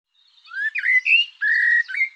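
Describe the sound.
Bird song made of smooth whistled notes, one long level whistle, and a brief rising note at the close.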